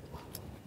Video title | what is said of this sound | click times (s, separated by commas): Victorinox Knives: Which Model is Best for YOU | large screwdriver and also locks into place for that intended use that's why this one is locking there too | 0.3 s